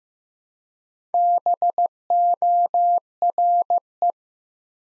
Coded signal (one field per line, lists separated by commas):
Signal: Morse code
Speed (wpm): 15 wpm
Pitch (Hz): 700 Hz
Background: none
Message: BORE